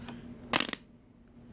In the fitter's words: and it'll do that satisfying click noise and then yeah so